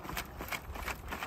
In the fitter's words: when i do it like this it'll lock back so see it's